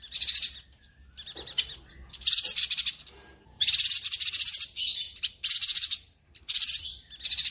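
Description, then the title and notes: Spiderhunter song: a series of strident, buzzy chattering phrases, some drawn out over a second, alternating with short pauses. Master song for training birds; bird singing vigorously (gacor), clear and long. "Pijantung Gunung Gacor Jernih Panjang. Masteran burung"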